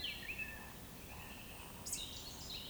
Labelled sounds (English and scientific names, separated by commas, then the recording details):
Eurasian Woodcock (Scolopax rusticola) whistle, Eurasian Woodcock (Scolopax rusticola) croak
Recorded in Baden-Württemberg, Germany, on 19 May 2020 at 19:19 UTC
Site 31917, 145 m above sea level